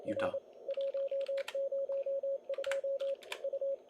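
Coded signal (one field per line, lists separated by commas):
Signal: Morse code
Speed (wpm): 32 wpm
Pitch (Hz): 560 Hz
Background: speech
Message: R 102 U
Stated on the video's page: Live contest operation in the 2020 ARRL CW Sweepstakes, running stations on 40 meters on Saturday evening.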